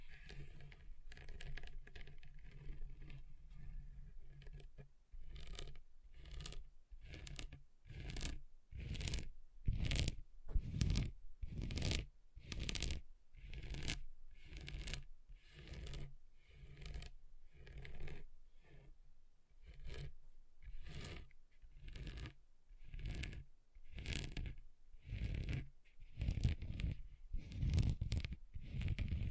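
Scratching across a table surface in regular rasping strokes, roughly one per second, bright and gritty, with a faint low hum between strokes.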